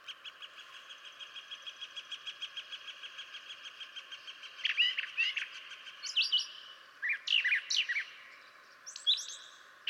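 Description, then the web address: Brown Thrasher song: after a steady run of soft rapid ticking, loud varied phrases begin, short slurred and chirping notes, some given twice, over continuous high pulsing. "birdsongforthecurious Brown Thrasher"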